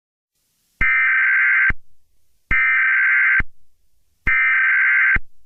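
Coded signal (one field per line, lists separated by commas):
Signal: Emergency Alert System (SAME) tones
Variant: header bursts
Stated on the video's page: Fictional EAS scenario about SCP-096, not a real alert.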